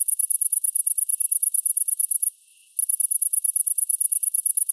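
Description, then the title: Great green bush-cricket song, a rapid high-pitched ticking buzz in dense pulses, broken by one brief pause of about half a second. Recorded at Apt, Vaucluse, France, in June 2010. "Sylvain Jaskowiak - Animus. Grande sauterelle verte - Apt , Vaucluse - juin 2010"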